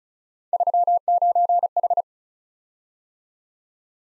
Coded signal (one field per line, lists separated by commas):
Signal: Morse code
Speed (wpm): 36 wpm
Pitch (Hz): 700 Hz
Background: none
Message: 39H